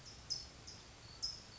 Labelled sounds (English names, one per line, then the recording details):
California Towhee
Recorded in Sonoma County, California